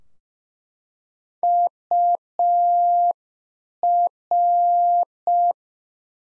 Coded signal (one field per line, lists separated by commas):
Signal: Morse code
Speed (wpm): 5 wpm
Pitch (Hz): 700 Hz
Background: none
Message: UR